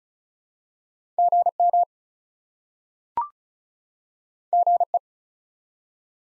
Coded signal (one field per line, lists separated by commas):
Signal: Morse code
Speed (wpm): 36 wpm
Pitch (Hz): 700 Hz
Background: none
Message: GM GE